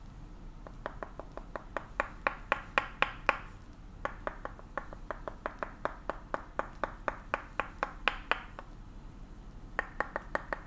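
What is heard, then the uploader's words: Tok Sen hammer massage on the back and neck: sharp wooden taps strike in quick, even runs, with short pauses near four seconds and again around nine. A low, steady rumble sits underneath the tapping throughout. Tok Sen Thai hammer back and neck massage.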